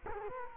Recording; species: mosquito wingbeat signal from an infrared sensor; Culex quinquefasciatus